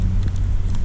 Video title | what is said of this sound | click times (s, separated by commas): How to remove the window trim pieces on a 2020 Kia Telluride | Now you hear the click. There is a click. Now it's done. | 0.2 s, 0.3 s, 0.4 s, 0.8 s